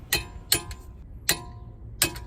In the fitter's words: the bolts until you hear click like this next